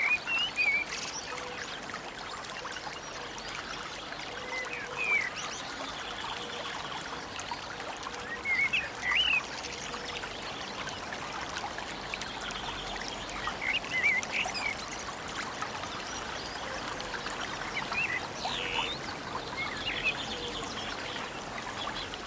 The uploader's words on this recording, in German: Der Tiefe Wald - Friedliche Naturgeräusche.